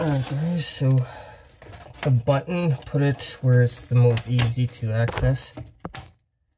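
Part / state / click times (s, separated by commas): hose quick-connect fitting onto faucet coupling / seated / 5.8 s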